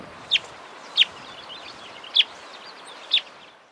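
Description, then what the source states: Rusty-backed antwren giving four sharp, high, very short chip notes at uneven intervals of roughly one second. Recorded in South America.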